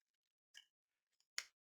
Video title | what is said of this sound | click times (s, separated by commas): Gear Talk: Odenwolf W Flat | nice nice click that you got. | 1.4 s